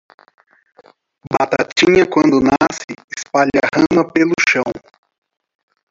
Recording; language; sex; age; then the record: short text; Brazilian Portuguese; male; 30 to 39 years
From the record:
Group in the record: control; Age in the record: 35 years